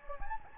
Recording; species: mosquito wingbeat signal from an infrared sensor; Anopheles gambiae